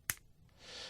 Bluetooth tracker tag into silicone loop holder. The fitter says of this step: So again, same thing, just clicks into place with a little snap.